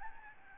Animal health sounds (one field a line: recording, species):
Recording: mosquito wingbeat signal from an infrared sensor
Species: Aedes albopictus